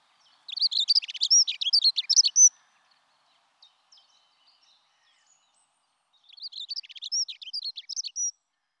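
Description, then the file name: Dunnock giving two quick, squeaky warbled phrases of high tinkling notes, one near the start and a softer one from about six seconds, quiet between. "Accenteur mouchet"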